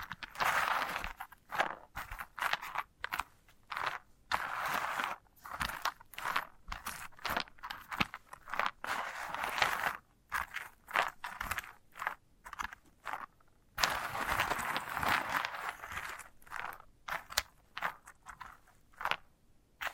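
A dried sunflower head is handled and crunched in a steady run of short, crackling bursts, each lasting a second or so, separated by brief silences. The dry rustle and scrape sits in the middle and upper range, with longer grinding stretches around the tenth and fifteenth seconds.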